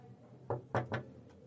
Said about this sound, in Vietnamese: Đứng trước cửa phòng 803, gã đầu trọc gõ cửa.